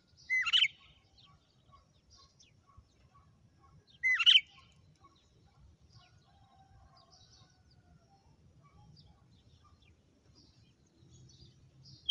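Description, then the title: Red-cowled cardinal giving two loud, sharp whistled notes about four seconds apart, with near silence and faint hiss after them, and a third note just starting at the end. Female; notes say she gave one açoite after another today. "Canto Galo Campina Fêmea. Galo de campina,hj foi um açoite atrás do outro"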